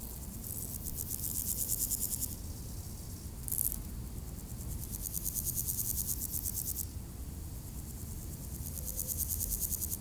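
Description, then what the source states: Grasshopper giving long, hissing pulsed buzzes, one brief louder burst in the middle, over soft low background rumble. Recorded beside the D633 road at Aveize, France, with cars passing; Sony PCM-M10 recorder, Luhd AB microphone position.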